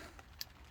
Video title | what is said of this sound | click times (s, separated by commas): Dana 60 Front Disc Brakes, Rotors & Seals - 1st Gen Cummins | hard to tell but uh with all the grease in there but i felt it click into place | 0.4 s